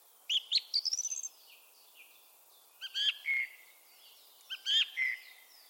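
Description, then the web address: Bird giving a quick accelerating trill of high notes, then two separate phrases of sharp chirps each ending in a lower, drawn-out note. "cianscape birddata Deverinetal 2025"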